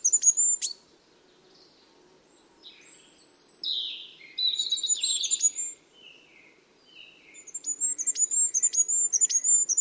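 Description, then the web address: Bird calls: sharp high chirps near the start and end, with a burst of buzzy warbling trills in the middle, over a faint low hum. "cianscape. Deverinetal 2025. Bird Only"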